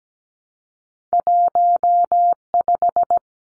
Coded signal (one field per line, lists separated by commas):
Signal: Morse code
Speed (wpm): 17 wpm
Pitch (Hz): 700 Hz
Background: none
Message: 15